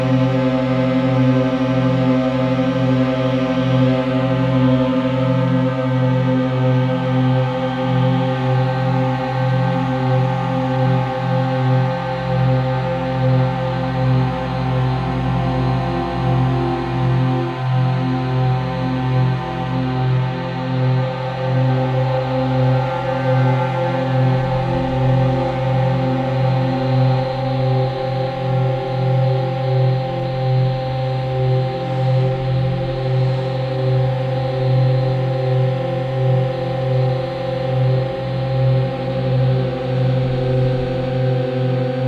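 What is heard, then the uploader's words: A steady drone of stacked low tones, holding a dense cluster of pitches that sustain without a break for the whole clip. A slow, gentle pulsing wavers through it, with the upper tones shifting slightly in the second half, like a ringing gong or bowl. Drone & frequencies.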